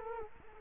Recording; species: mosquito wingbeat signal from an infrared sensor; Culex quinquefasciatus